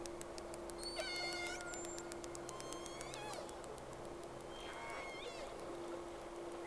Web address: Sea Snake 10-3-06 Whales X 2 11-30 Round 1